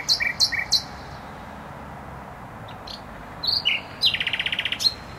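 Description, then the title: Nightingale singing loud repeated chirps, a few softer notes, then a fast rattling trill, with steady traffic noise underneath. Singing in bushes close to a noisy motorway, Trasa Toruńska, Bródno-Podgrodzie, Warsaw, Poland; recorded with an Olympus LS-11. "Bródno-Podgrodzie, Warszawa, Polska - Trasa Toruńska Nightingale"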